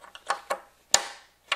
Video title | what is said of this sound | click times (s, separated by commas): Reassembling Door Glass Bracket Retainer for Foxbody Mustang | that goes in there like so and like I said you see that little Ridge right there he's gonna snap right in boom | 0.9 s